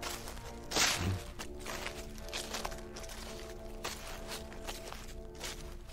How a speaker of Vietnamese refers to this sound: Còn đang đứng ráo rác tìm, có tiếng bước chân người chậm rãi đi ở ngoài sân. Tiếng bước chân cứ sột soạt.